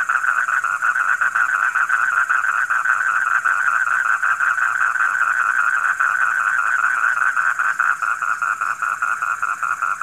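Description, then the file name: Frog calling with rapid pulsed notes near one pitch, repeating steadily without pause, with a faint high hiss behind. Heard at night. "suara kodok di malam hari"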